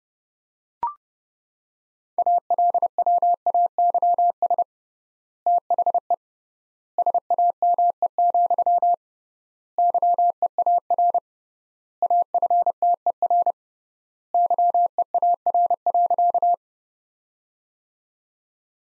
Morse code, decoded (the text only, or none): ALWAYS THE SAME, YEAR AFTER YEAR.